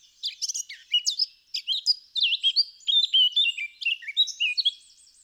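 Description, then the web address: Eurasian blackcap singing a scratchy, chattering warble that shifts into looping fluted whistles, rapid and varied phrases running continuously for about five seconds. "SETE data Sylvia atricapilla"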